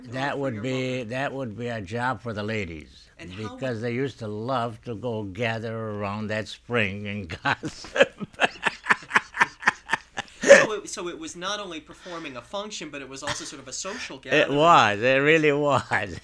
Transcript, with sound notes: That would be, that would be a job for the ladies.
And how...
Because they used to love to go gather around that spring and gossip. ( he laughs )
So it was not only performing a function, but it was also sort of a social gathering.
It was. It really was.